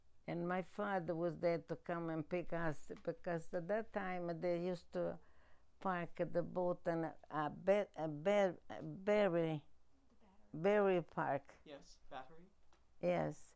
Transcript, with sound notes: And my father was there to come and pick us, because at that time they used to park the boat in Battery Park. ( voice off mike )
Yes, Battery.
Yes.